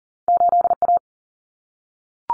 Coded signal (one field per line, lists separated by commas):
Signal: Morse code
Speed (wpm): 40 wpm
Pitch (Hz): 700 Hz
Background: none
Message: 8A